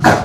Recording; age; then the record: pig call; growing-finishing pig (85 days or more)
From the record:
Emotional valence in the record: positive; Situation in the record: run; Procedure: transit